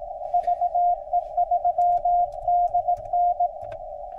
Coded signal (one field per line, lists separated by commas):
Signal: Morse code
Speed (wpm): 20 wpm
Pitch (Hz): 700 Hz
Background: none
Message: VE3DN